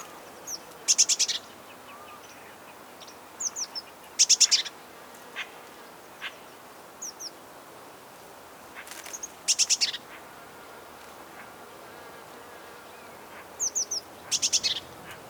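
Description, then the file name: Eurasian blue tit calls: short bursts of high, rapid ticking notes repeated every few seconds, with scattered faint high chips between them over quiet background hiss. "Cyanistes caeruleus"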